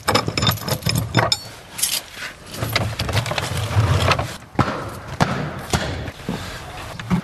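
Keys jangle and a lock clicks and rattles as a door is unlocked, with a series of sharp metallic clicks and a few dull thumps spread over several seconds.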